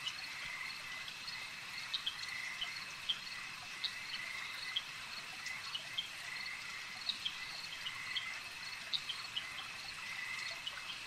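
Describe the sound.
Insect swarm droning continuously in high, even bands, with brief clicks and chirps poking out now and then.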